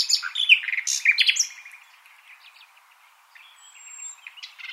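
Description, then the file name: Common nightingale song: a dense burst of buzzy and whistled notes, then a soft lull with a thin high whistle and quieter chatter. "Luscinia megarhynchos"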